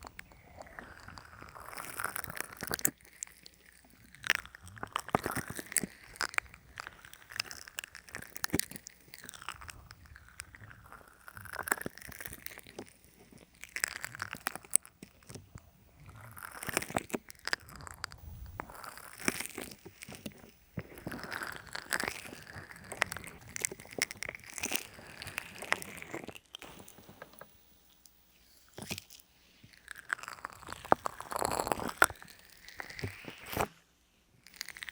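An ear massage with oil and lotion: wet, squelchy rubbing and crackly, crunchy rustles come in quick, uneven bursts throughout. The sounds are bright and sticky, with short pauses between strokes, and a louder smeared passage around 31 seconds.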